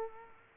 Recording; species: mosquito wingbeat signal from an infrared sensor; Culex quinquefasciatus